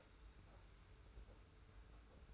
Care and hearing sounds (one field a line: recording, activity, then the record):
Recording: daily activity, microphone in the room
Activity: take from stove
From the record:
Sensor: 2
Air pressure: 991.0 hPa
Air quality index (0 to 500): 111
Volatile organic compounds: 51 ppm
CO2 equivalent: 3308 ppm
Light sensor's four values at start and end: 34/102/40/38 and 34/102/40/38